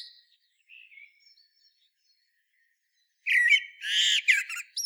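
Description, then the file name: Common blackbird singing: a few soft whistled notes, a pause, then a loud, harsh, chattering twitter of rich notes at the end. "Turdus merula"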